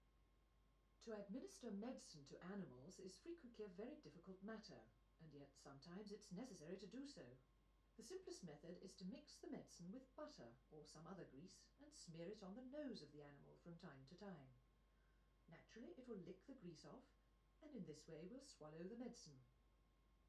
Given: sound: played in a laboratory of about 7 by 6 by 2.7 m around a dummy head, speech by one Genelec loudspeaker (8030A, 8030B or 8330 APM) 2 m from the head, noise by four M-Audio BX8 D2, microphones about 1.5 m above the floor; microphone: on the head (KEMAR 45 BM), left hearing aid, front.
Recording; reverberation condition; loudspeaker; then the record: female speech in English; low; 60 degrees to the right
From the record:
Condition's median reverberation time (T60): about 310 ms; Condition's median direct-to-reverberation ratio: about 3.5 dB